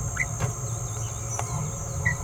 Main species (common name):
Green-rumped Parrotlet